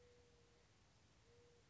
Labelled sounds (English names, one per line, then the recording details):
Mourning Dove
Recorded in Sonoma County, California